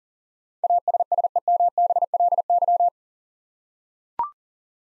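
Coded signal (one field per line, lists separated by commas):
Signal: Morse code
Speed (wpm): 37 wpm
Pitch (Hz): 700 Hz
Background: none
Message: ASSEMBLY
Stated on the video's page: Morse code practice of eight-letter words for head copy at 40 wpm.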